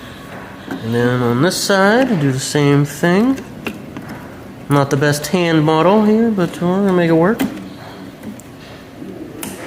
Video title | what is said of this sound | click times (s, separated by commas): Streaming PC build part 1. Ryzen 5 5600X, b550 MOB 6800xt 32GB ram | there we go it clicks into place you know it's in place whenever these two little | 9.4 s